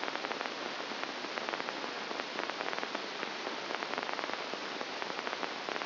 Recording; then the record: brain microelectrode recording played as sound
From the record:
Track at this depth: inside the subthalamic nucleus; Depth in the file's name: 1.005 mm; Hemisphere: left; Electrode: 2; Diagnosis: Parkinson's disease